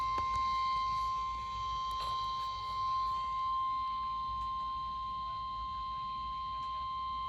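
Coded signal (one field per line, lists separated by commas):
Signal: Emergency Alert System (SAME) tones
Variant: 1050 Hz attention tone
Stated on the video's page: Special Marine Warning received on NOAA Weather Radio.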